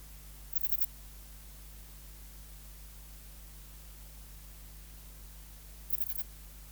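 Ephippiger cunii bush-cricket chirps: two short, high, pulsed rasps about five seconds apart, silence between except a steady low hum.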